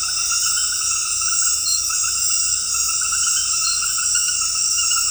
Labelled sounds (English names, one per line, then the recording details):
none
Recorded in dense forest near Puerto Asís, Putumayo, Colombia, on 19 February 2024 at 21:30
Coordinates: 0.484, -76.317
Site G6464